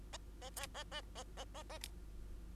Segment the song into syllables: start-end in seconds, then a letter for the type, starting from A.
0.41-0.50 A, 0.56-0.67 A, 0.74-0.84 A, 0.91-1.01 A, 1.15-1.24 A, 1.37-1.45 A, 1.54-1.63 A, 1.69-1.78 A